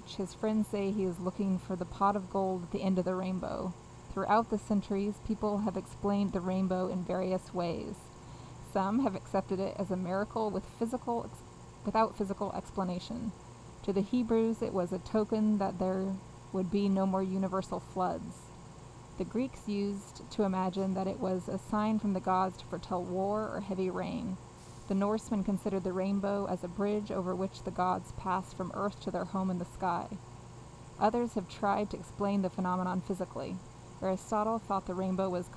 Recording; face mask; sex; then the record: reading aloud; surgical mask; female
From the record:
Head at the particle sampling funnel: facing it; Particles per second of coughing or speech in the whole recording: 0.0679